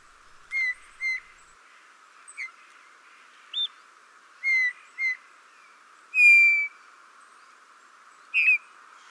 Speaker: hören wir uns nun kurz den Ruf unserer heimischen Gimpel an.